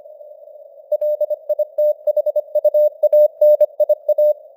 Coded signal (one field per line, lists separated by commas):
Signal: Morse code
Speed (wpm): 25 wpm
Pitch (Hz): 600 Hz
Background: none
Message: LITHUANIA